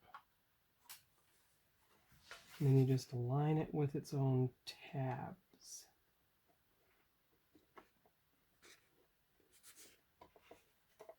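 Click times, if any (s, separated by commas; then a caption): none. A plastic model hull section is lined up on the tabs of its mating section, ready to be pressed home. Someone talks for a few seconds, and faint ticks and light scrapes of handling follow through the rest of the clip. Nothing has seated or clicked yet.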